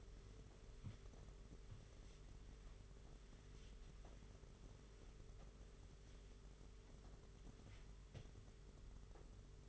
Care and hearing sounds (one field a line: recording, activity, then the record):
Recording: daily activity, microphone in the room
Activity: wipe stove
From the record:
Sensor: 4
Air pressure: 992.3 hPa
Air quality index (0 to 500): 110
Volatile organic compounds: 19 ppm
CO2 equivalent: 2646 ppm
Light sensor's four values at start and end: 22/76/28/29 and 22/76/28/29